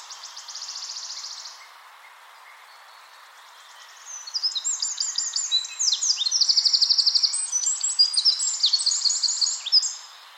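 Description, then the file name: Eurasian wren: a brief high buzzy trill, a pause, then a long, loud cascade of sharp high notes and rattling trills lasting about six seconds. "Troglodytes troglodytes"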